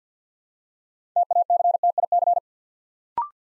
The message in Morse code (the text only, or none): TACTIC